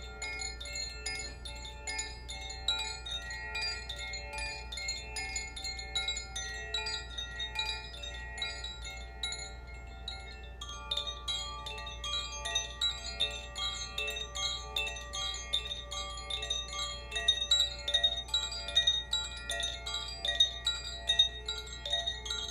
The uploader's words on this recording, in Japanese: コシチャイム #ザフィアチャイム #水のエレメント。水のエレメントのチャイムを奏でました。倍音。